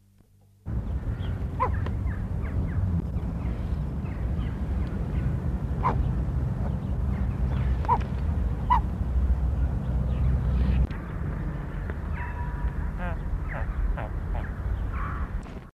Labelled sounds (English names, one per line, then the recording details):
Great Bustard call
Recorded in captivity
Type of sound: call
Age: juvenile
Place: Tierpark Berlin, Berlin, DE
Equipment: Halbspur, 9,5 cm/s
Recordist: Lütgens, Hans
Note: Rufe eines Halbwüchsigen, Tierpark Berlin